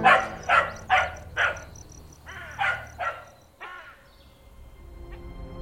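A dog barks in a quick series of about eight sharp barks, pausing briefly midway, over a steady background of chirping insects that continues after the barking stops.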